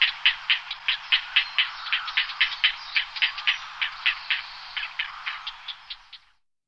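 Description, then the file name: Grey heron giving a rapid series of short, harsh, clicking calls for about six seconds, then stopping. "ardea cinerea"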